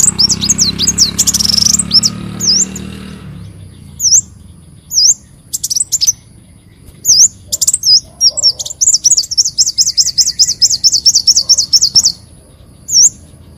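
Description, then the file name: Leafbird song: quick high whistled notes over a rumbling background at first, then scattered chirps and a rapid, even trill of looping whistles. "Tieng chim xanh tim"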